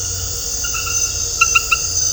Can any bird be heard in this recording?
no